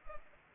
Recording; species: mosquito wingbeat signal from an infrared sensor; Anopheles arabiensis